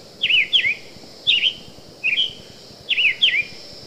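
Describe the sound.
Summer Tanager song, short slurred phrases given in pairs and singles, each swooping up and down, spaced by brief pauses over a soft background hiss.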